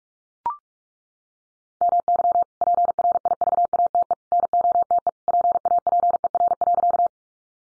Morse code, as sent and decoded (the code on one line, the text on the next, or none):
-- -.-- / .--. .-. .. ...- .- - . / -. --- - . / .--. .- .--. . .-. .-.-.-
MY PRIVATE NOTE PAPER.